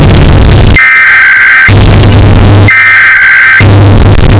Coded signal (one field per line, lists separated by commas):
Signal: Emergency Alert System (SAME) tones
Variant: header bursts